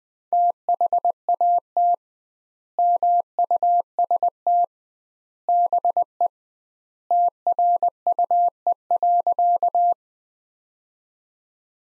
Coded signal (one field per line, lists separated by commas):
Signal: Morse code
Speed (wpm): 20 wpm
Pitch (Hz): 700 Hz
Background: none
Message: THAT MUST BE TRUE.